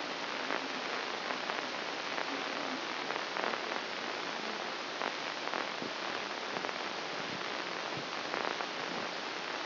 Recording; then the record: brain microelectrode recording played as sound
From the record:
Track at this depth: inside the subthalamic nucleus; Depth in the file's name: 6.305 mm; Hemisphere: left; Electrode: 2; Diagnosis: Parkinson's disease